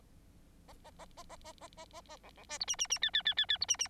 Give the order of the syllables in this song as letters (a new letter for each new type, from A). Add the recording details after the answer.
A A A A A A A A A A B B C D E E E F F F F F D E E. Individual Bird9